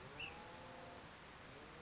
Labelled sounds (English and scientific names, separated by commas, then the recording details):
Ash-throated Flycatcher (Myiarchus cinerascens)
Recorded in Sonoma County, California